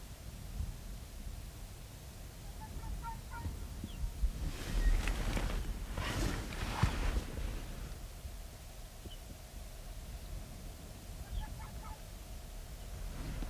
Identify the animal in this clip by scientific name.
Vulpes lagopus